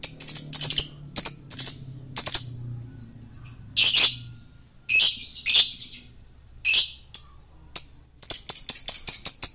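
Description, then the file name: Lovebird chattering with bursts of high, sharp chirps in irregular clusters, some pauses between runs. Male lovebird; described as 'gacor', singing continuously and energetically. "suara lovebird jantan gacor"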